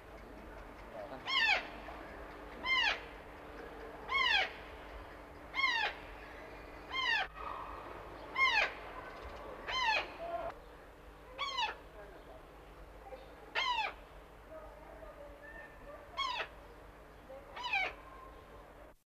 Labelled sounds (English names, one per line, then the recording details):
Eclectus Parrot call
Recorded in captivity
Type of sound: call
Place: Zoo Rotterdam, Zuid-Holland, NL
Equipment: Halbspur, 9,5 cm/s
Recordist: Lütgens, Hans
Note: Rufe